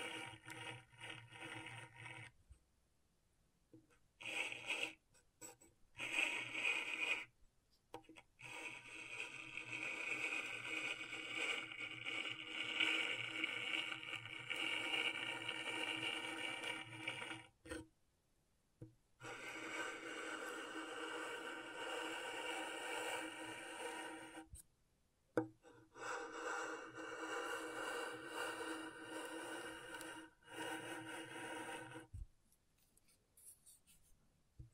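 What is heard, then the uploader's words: Scratching on a scratchboard, a dry, raspy rubbing that runs in long strokes of several seconds each, broken by short silent pauses around 3, 7, 18, 25 and 32 seconds. The sound is fairly bright and hissy, with a steady gritty texture during each stroke. ASMR Brain Tingling Scratchboard (No Talking).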